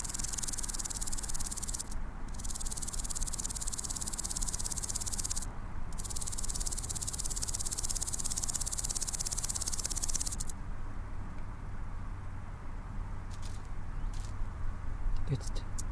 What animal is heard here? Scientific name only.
Omocestus viridulus